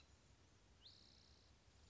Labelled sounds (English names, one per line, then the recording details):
Spotted Towhee
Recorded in Sonoma County, California